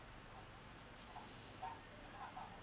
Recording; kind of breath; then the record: one breath in and out by a microphone near the nose and mouth; normal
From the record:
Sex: male